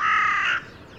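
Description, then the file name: Carrion crow giving a single long, harsh, grating caw, followed by quiet. "Corvus corone"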